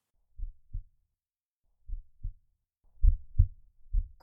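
Soft, low lub-dub thumps come in clear pairs, about four beats in just over four seconds, roughly 55 a minute, with slightly uneven spacing. It is a slow, peaceful heartbeat heard close against the chest, two people near enough to hear each other.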